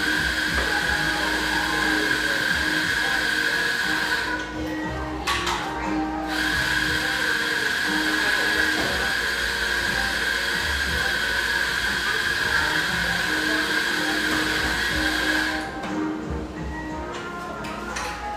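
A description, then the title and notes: Café ambience with a constant murmur of voices over a steady whirring machine hum that sits high and bright through most of the clip. The hum cuts out briefly around five seconds and again near sixteen, leaving the chatter and some clinks exposed. Our final Portland recording session (for now) takes place in this industrial-aesthetic cafe in Portland's pictureesque Grant Park neighborhood.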